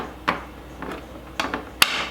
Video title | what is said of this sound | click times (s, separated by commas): ESCORT RS COSWORTH PROJECT HAS BEEN GLUED TOGETHER | There we go, it clicked into place. | 1.8 s